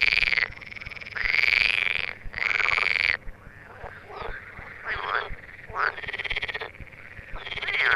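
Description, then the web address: Edible frog croaking, three loud rattling bursts of about a second, followed by softer, shorter croaks. Frogs calling in the Tävsmoor. "teichfrosch. rufen jetzt die froesche im taevsmoor"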